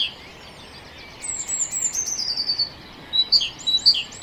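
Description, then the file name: Great tit giving a thin high descending series of notes, then a few paired high-low notes near the end, over a quiet hissy background. "Parus major"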